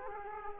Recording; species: mosquito wingbeat signal from an infrared sensor; Aedes aegypti